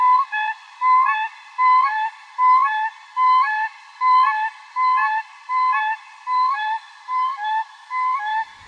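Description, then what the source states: Siberian Crane territorial call: a steady series of clear, fluting notes, repeated a little more than once per second. Territorial call used with aggressive movements to drive competitors from the breeding area; huge, aggressively defended territories; sounds different from Common Cranes, carrying further across open Siberian landscape.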